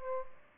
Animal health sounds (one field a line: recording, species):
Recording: mosquito wingbeat signal from an infrared sensor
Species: Aedes albopictus